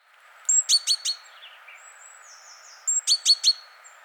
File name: Parus major